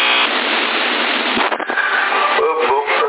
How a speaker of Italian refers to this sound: Cos'è che stai macinando? No, è la macchina, aspetta. È la macchina sotto vuoto.